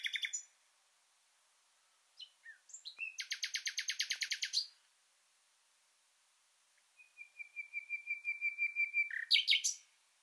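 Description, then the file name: Common nightingale song in varied phrases: a rapid buzzy trill, a pause, then a long swelling series of repeated notes at steady pitch ending in a loud burst. "Luscinia megarhynchos"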